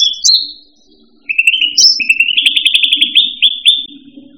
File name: suara burung cucak rante. omkicau